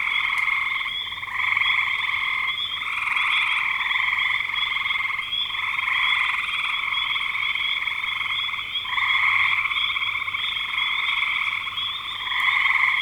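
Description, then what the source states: Frog chorus of many callers, an unbroken shrill trilling wall of sound that swells and dips every few seconds. Frogs in spring 2025.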